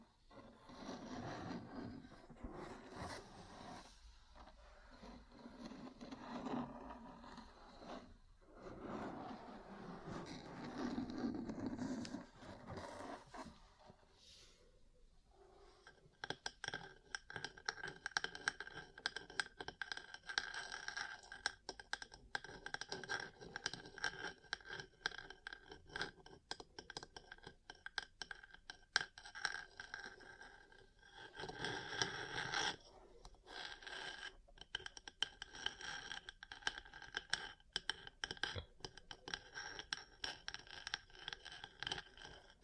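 Ear cleaning and massage sounds, starting with soft, muffled rubbing and brushing that swells and fades for about fifteen seconds. After a short pause, a dense stream of quick, crisp tapping and crackling takes over and runs steadily to the end, with brief louder bursts around thirty-two seconds.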